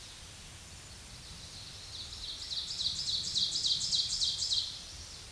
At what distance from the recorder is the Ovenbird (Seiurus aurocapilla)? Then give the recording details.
about 30 m. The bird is about 15 m above the microphone. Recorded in a Pennsylvania forest on 16 May 2024 at 07:04. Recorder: AudioMoth, point MSD-2146. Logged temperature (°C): 16.7 °C. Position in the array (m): 147 m, 4 m